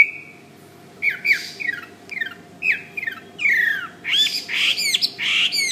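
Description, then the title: Bird song of varied phrases: a level whistle, then squawky downslurred notes and harsh bursts, getting denser toward the end, over a steady low hum. "SuaraBurung Kicau"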